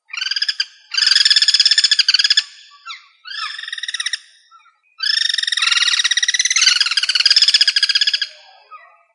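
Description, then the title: Bird song of long, buzzy, rapidly pulsed trills in stacked harmonics, broken by short pauses and a few quick downslurred notes between bursts. "LuckyPassaro Completos2Sama"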